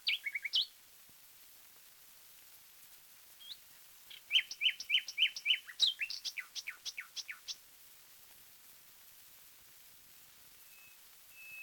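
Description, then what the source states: Common nightingale song: a few sharp opening notes, a pause, then a varied run of repeated chirps and clicks, ending with two soft whistles. From a 1936 disc of wild bird songs, side A.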